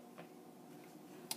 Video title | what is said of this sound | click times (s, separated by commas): Laptop screen replacement How to replace laptop screen HP Pavilion 15 e084ca | here we are with the cover on and you can hear it's just clicking into place as you snap it in and then | 0.2 s, 1.3 s